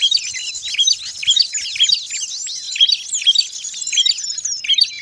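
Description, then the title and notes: Birds calling in a busy flock, high twittery chirps in rhythmic bursts, with short clear whistled notes repeated among them. Noisy birds, used as a master lure ('pikat') for catching birds. "Burung Ribut Pikat"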